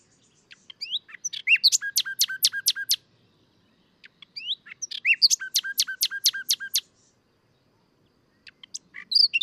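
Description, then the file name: Common nightingale song: two similar phrases, each opening with rising whistles and breaking into a fast rattling trill, separated by a short pause. "Luscinia megarhynchos"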